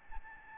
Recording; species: mosquito wingbeat signal from an infrared sensor; Aedes albopictus